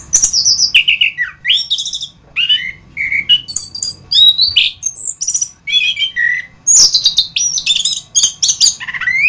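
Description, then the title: Thrush song, a rich, fast run of varied whistled phrases sliding between high and mid pitch, with sharp notes and brief pauses, continuous throughout. "Suara Burung Anis"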